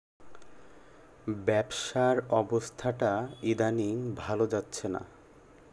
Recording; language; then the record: elicited speech; Bengali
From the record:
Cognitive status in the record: cognitively healthy